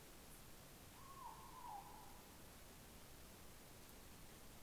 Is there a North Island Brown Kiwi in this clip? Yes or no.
no